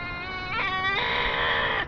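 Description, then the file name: Cat giving one drawn-out, harmonic meow that cuts off abruptly. "gatti cats"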